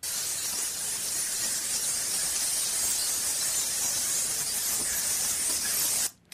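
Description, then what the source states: Bat colony chatter: a dense, continuous high-pitched hiss of overlapping calls, ending abruptly. Colony recorded in a cave in Herzliya, played back; a very high 'trr trr trr' in the background is pups' isolation (distress) calls.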